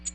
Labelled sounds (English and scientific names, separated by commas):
American Redstart (Setophaga ruticilla) flight call